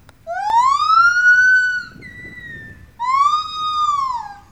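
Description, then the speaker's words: White-handed gibbon territorial call: a loud, long whooping note that rises then levels off, a fainter flat note, then another whoop that rises and falls at the end. Two white-handed gibbons, a father and daughter, at a zoo giving territorial calls to defend their turf though no other gibbons are present; an innate, lifelong behaviour. "It's two white-handed gibbons protecting their turf with a territorial call."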